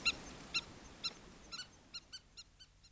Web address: southern lapwing